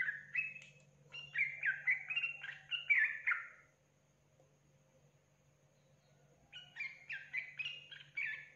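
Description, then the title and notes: Yellow-vented Bulbul song: quick chattering, slurred phrases for about four seconds, a pause, then another burst of similar bubbly notes, with a steady low hum behind. Tutor recording for training caged birds; song style called tembakan; described as a champion bird. "MASTERAN Trucukan Tembakan. trucuk juara"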